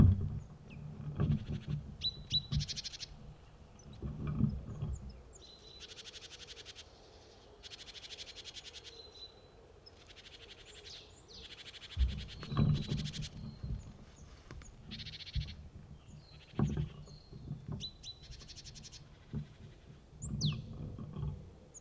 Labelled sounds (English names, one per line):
Great Tit